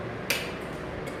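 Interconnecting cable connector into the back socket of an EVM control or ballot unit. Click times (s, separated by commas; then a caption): 0.3 s. A red interconnecting cable connector is lined up and pushed into its socket at the back of an EVM control or ballot unit. It locks in with a short, faint click at 0.3 s over a low background hum, and a much softer tick follows around 1.1 s. The connector is seated and locked.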